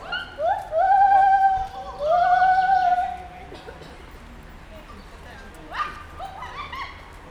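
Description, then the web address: Lar gibbon calling: loud rising hoots that swell into long, level, slightly wavering notes, then a pause and a fresh burst of sharp rising notes near the end. Captive white-handed gibbon at Nyíregyháza Zoo, Hungary, 2019, calling three times. "allathangok 2019 professzionalis feherkezu gibbon haromszormegszolal nyiregyhaza"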